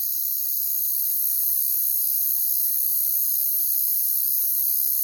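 Crickets keep up a steady, shrill, high-pitched trill with no clear breaks.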